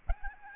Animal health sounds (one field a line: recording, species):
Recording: mosquito wingbeat signal from an infrared sensor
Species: Aedes albopictus